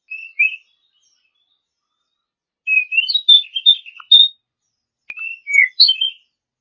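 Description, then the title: Oriental magpie-robin song with short whistled notes and rapid chattering phrases, broken by a long silent gap before resuming. Champion songbird. "Kicau Burung Kacer Juara"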